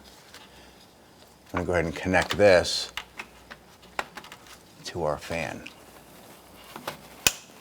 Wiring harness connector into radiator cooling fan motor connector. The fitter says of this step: press it until you hear it click and you're good to go